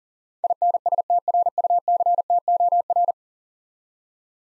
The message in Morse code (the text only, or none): INSTRUCTOR